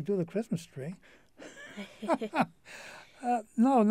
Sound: they laugh

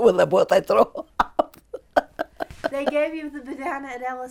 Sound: she laughs

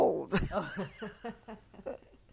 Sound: they laugh

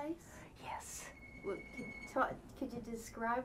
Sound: whistling sound

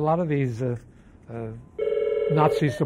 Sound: phone rings

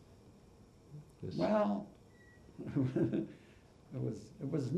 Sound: chuckles

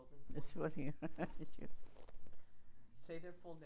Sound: chuckles

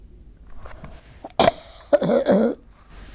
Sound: coughs

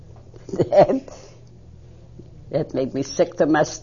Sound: she laughs

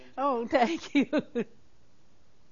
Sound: she laughs

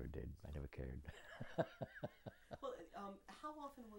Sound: laughs

